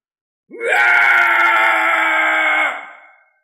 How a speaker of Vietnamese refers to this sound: Phía xa truyền đến một tiếng thét dài, khắp cả dãy núi đều rung chuyển.